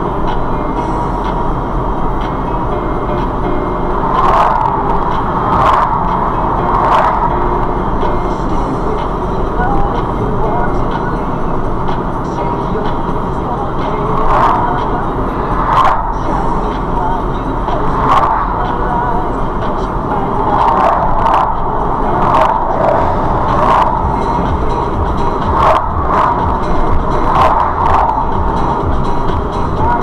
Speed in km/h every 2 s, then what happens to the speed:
50, 53, 53, 52, 52, 53, 50, 50, 52, 53, 53, 52, 52, 52, 52.
0-30 steady at about 52.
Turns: none.